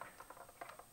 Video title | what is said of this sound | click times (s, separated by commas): Einbau einer LED Innenbeleuchtung | Sie haben es gerade knacken gehört, liebe Zuschauer. | 0.6 s